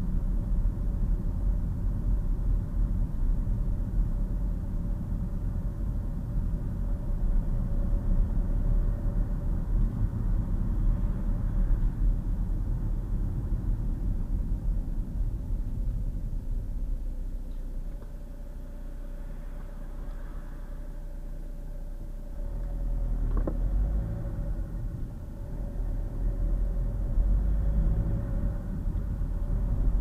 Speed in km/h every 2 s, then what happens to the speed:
31, 29, 29, 34, 35, 34, 26, 10, 0, 0, 3, 15, 19, 26, 31.
4-7 speeds up to 35. 7-15 brakes to 0. 15-19 standing. 19-30 pulls away to 31.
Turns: none.